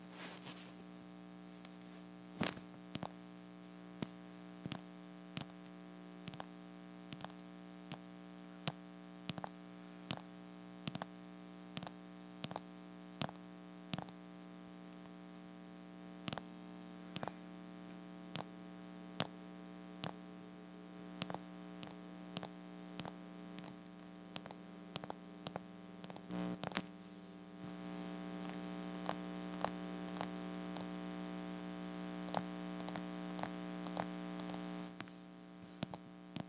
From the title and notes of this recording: ASMR Plastic Tapping.